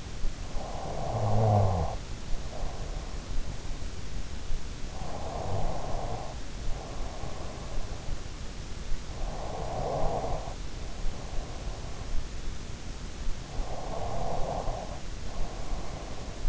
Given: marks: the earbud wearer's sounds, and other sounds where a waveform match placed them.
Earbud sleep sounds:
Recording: sounds in sleep by an in-ear microphone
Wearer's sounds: snoring breath, breath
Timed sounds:
0.00-3.02 s: snoring breath
3.76-7.46 s: sound from someone else or the room
4.34-7.46 s: breath
6.34-7.32 s: snoring breath
8.80-12.47 s: breath
9.26-9.83 s: snoring breath
11.84-13.11 s: snoring breath
13.10-16.49 s: breath
14.80-16.14 s: snoring breath

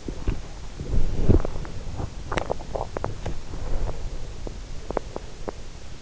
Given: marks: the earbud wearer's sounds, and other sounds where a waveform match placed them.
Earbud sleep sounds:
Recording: sounds in sleep by an in-ear microphone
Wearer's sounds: body movement, swallowing, breath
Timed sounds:
0.00-5.76 s: body movement
2.25-3.53 s: swallowing
3.53-4.64 s: breath

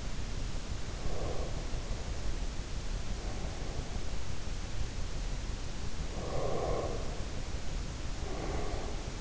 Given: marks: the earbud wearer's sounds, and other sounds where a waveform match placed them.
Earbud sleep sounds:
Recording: sounds in sleep by an in-ear microphone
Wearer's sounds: breath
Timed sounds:
0.94-4.14 s: breath
5.88-9.21 s: breath

